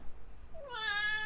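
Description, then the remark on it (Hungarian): A single drawn-out meow from Oberon, a cat covering the whole screen, rises in pitch and holds steady with bright harmonics, heard alone without talking over it. “Közben megérkezett közénk Oberon is, aki most kitakarja a teljes képernyőt, köszönöm szépen, Cica, egy ajándék vagy az élettől.”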